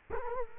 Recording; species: mosquito wingbeat signal from an infrared sensor; Culex quinquefasciatus